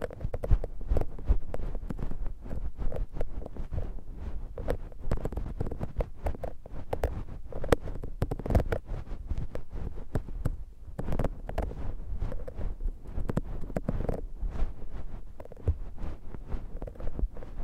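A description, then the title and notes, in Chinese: A very close, muffled ear massage on the left: a dense, steady stream of crackly rubbing and soft taps over a deep rumbling thud. 耳內按摩 ( 左 )。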